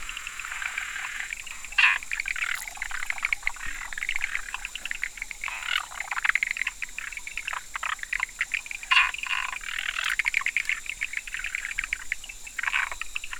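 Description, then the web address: Frog chorus of short, clicky chirps overlapping densely throughout, with a few louder sharp notes standing out near two and nine seconds. 11 October 2019, in the evening between 18:00 and 20:00. "frog rec 18-20 20191011"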